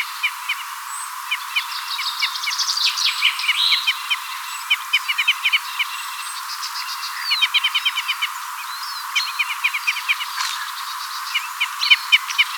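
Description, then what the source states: Red crossbill calls: short, sharp kip notes in quick irregular bursts, with a few higher thin notes among them. Red crossbill of call type N.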